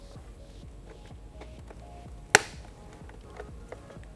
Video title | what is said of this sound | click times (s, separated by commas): How to install TST LED Turn Signals on a 2016+ Yamaha FZ-10 by TST Industries | Hear the pop, then just try to lift it out. | 2.3 s